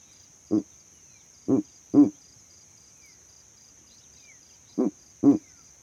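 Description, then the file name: Owl hoots, short low hollow notes repeated irregularly, three in the first two seconds then two more near the end, over a steady high hiss. Owl calls at night. "Elijah Wagner - Calming Owl Calls at Night"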